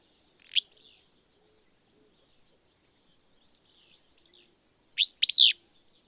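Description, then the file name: Willow Flycatcher calling: one short sharp note, a pause of several seconds, then a quick burry two-part phrase of steep downslurred notes. "Willow Flycatcher"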